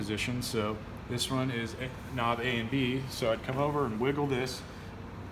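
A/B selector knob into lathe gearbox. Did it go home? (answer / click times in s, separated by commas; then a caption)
no / none. A lathe feed knob, the A/B selector on the lathe gearbox, is wiggled by hand so it will engage its detent while someone talks over a steady background hum. It is only handled here; nothing has seated or clicked yet.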